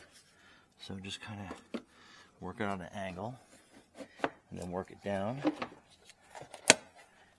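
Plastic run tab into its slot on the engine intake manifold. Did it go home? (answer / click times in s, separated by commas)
yes / 6.7 s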